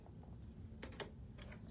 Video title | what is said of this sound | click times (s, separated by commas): 2020 MacBook Air Unboxing!! | Okay, and I think you just snap this on. | 0.8 s, 1.0 s